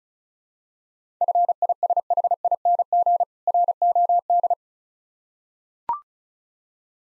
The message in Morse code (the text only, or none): FISHING ROD